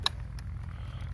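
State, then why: Not seated. On a TVS Raider motorcycle after a crash, the steering side lock is tried again against the headstock, giving a sharp knock at 0.1 s, a second knock near 0.4 s and fainter taps over a low rumble. The lock does not engage, and nothing has seated or clicked.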